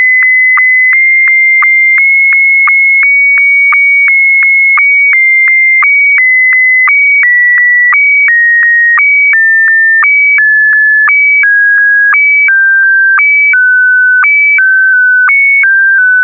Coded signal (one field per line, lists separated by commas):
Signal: SSTV (slow-scan television)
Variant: Scottie DX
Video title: Lobo205 SSTV Scottie DX